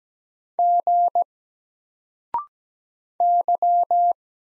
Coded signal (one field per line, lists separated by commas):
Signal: Morse code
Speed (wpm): 17 wpm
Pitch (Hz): 700 Hz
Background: none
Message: G Y